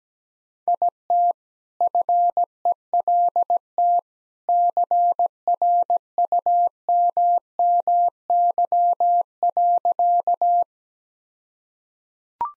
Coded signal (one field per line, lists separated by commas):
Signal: Morse code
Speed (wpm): 17 wpm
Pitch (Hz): 700 Hz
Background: none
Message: IT FELT CRUMMY.